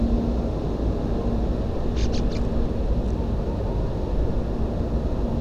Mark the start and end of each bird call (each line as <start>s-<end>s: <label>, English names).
1.96s-2.38s: Ring Ouzel